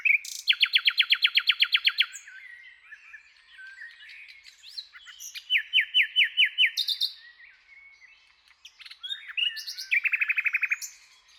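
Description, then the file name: Common nightingale song: a fast, loud rattle of repeated notes, then varied chattering, another short trill series, and a closing buzzy repeated phrase. "Luscinia megarhynchos"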